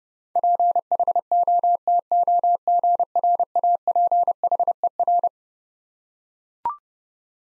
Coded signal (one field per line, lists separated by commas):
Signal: Morse code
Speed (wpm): 30 wpm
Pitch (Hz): 700 Hz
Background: none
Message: PHOTOGRAPHER